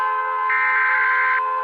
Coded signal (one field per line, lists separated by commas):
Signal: Emergency Alert System (SAME) tones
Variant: header bursts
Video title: All territories EAs alarm (Old)